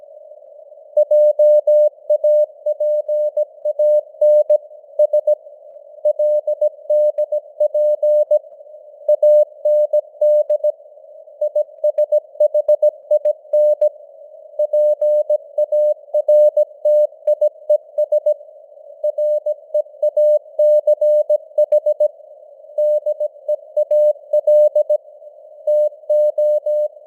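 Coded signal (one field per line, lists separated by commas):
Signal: Morse code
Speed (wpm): 17 wpm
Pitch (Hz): 600 Hz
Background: none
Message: JAPAN S LDP AND ISHIN PARTIES REACH DEAL TO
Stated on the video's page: News headlines in Morse at 17 wpm with simulated radio noise and varying signal strength (QSB).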